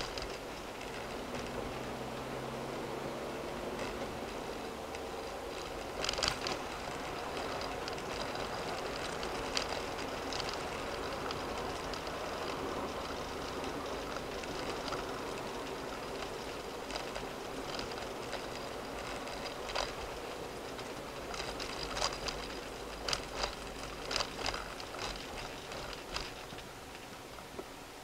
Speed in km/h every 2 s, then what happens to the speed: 40, 45, 50, 52, 53, 55, 53, 45, 40, 40, 39, 34, 27, 23.
0-10 speeds up to 55. 10-28 slows to 23.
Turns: none.